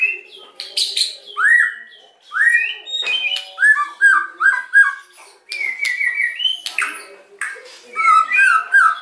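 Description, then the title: White-rumped shama song with rising whistles, loud clicks and fast chattering trills in varied phrases, separated by short quiet gaps. Lure song (pancingan) of a very vocal white-rumped shama, meant to provoke an immediate response. "PANCINGAN MEWAH MURAI BATU GACORSEKALI DENGAR AMPUH LANGSUNG RESPON"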